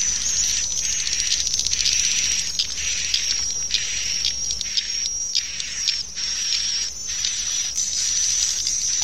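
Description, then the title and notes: Swiftlets twittering together, sharp high chirps in irregular bursts, with a steady piercing whine throughout. Swiftlets at a swiftlet farm in Asia. "Swiflet Bird Sound. Farming Swiflet Bird asia sound"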